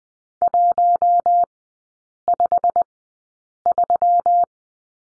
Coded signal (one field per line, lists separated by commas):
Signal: Morse code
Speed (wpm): 20 wpm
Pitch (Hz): 700 Hz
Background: none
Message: 153